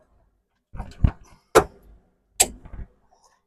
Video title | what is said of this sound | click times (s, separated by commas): How To Replace Your Front Wheel Bearings ‘08 Sentra Part 2 | And you heard the click? | 2.4 s